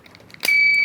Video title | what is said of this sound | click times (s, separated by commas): Caring for the LVAD Patient at Home | you hear that click | 0.3 s